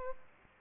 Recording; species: mosquito wingbeat signal from an infrared sensor; Aedes albopictus